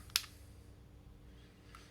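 The release button on a YOTOCversion 3-in-1 universal car phone holder is pressed, and its spring-loaded side wings snap open to free the phone, making a sharp plastic click at 0.2 s. Two faint ticks follow near 1.8 s and 2.0 s over a low steady hum, and the phone is released.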